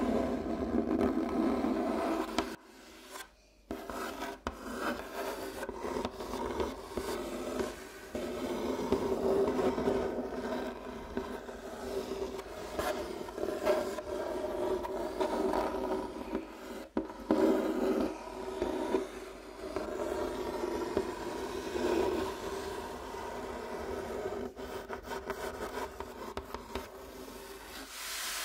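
Rubbing and scratching on a wooden table, a dense, continuous rasping texture with low-mid body and a fizzy upper edge. The strokes shift in rhythm and pressure, with brief pauses near 3 and 17 seconds before the scraping resumes.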